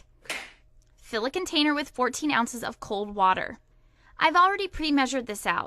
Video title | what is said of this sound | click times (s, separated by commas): BUNN MCU Coffee brewer [Read Description] | insert it into the drawer guides until you hear it click | 0.3 s